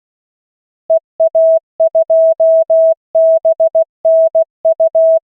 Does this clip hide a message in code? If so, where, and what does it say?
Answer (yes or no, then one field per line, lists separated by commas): yes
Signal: Morse code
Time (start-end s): 0.9-5.2 s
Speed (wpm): 16 wpm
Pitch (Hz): 650 Hz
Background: none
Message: EA2BNU